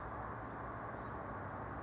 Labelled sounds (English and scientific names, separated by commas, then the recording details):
California Towhee (Melozone crissalis)
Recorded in Sonoma County, California